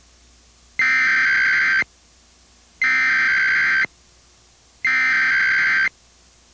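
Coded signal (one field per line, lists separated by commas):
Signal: Emergency Alert System (SAME) tones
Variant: header bursts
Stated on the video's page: EAS test aired during a commercial break of a TV news broadcast.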